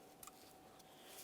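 The plastic alternator wiring harness connector on a 2011-2018 Volkswagen Jetta, during a timing belt tensioner replacement, is pressed into its socket. A short, sharp click at 0.2 s stands out over a steady low background hiss. The connector seats, ready to be given a tug to check it is secure.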